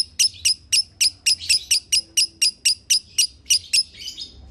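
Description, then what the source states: Lovebird chattering song: a steady series of sharp, high, shrill chips, about four a second, fading into a softer rasp at the close. Lovebird singing in the konslet chattering style, presented as a masteran (song-training) recording.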